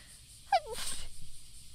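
A single sneeze by an adult female streamer: a brief high-pitched voiced catch followed by a sharp, breathy burst of air.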